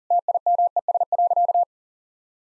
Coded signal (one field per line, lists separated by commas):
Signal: Morse code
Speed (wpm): 40 wpm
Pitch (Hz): 700 Hz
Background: none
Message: TIMES.